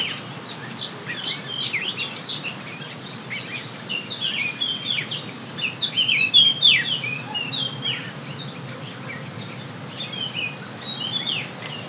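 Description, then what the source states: Birds chirping, rapid sharp downslurred notes and whistled twitters in clustered bursts, loudest midway, above a faint constant hiss. Forest birds on La Palma, binaural 3D recording.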